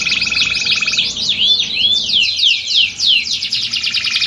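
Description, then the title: Canary song: a steady buzzy tone opens, then quick swooping chirps and bright trills follow in close succession. Belgian canary song played as a warm-up to get canaries singing, used to simulate a singing contest and train contest canaries' mental readiness. "Canto Para Esquentar Canário Belga. Simulasi Lomba Kenari. Suara Kenari Lomba. Melatih Mental Kenari Juara"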